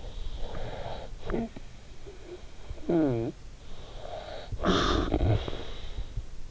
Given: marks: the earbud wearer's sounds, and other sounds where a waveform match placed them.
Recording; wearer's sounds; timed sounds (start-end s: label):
sounds in sleep by an in-ear microphone; snoring breath
0.31-1.97 s: snoring breath
2.66-3.49 s: snoring breath
3.71-6.51 s: snoring breath